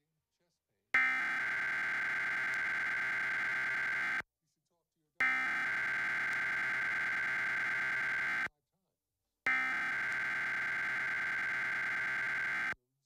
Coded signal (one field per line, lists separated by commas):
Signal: Emergency Alert System (SAME) tones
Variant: header bursts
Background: speech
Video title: Virginia Tornado Drills! 3/7/24 (EAS #953 - 957)